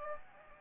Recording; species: mosquito wingbeat signal from an infrared sensor; Anopheles gambiae